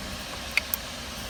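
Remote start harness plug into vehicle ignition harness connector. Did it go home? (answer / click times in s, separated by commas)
yes / 0.6 s, 0.7 s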